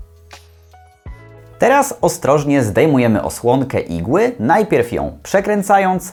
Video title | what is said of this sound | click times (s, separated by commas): Pompa insulinowa Ypso ma nowy zestaw infuzyjny - INSET - zakładanie wkłucia - Nie słodzę #YpsoPump | aplikator dwoma palcami w tym i w tym miejscu chwytamy za ten element i naciągamy sprężynę aż usłyszymy kliknięcie | 0.3 s